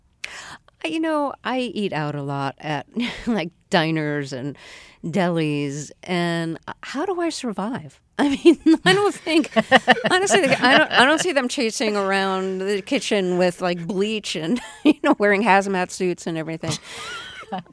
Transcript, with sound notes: You know, I eat out a lot at, like, diners and delis. And how do I survive? (Laughter) I mean, I don't think - honestly, I don't see them chasing around the kitchen with, like, bleach and, you know, wearing hazmat suits and everything.